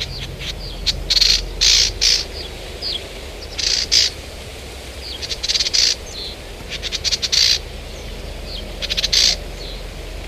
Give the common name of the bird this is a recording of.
Eurasian Reed Warbler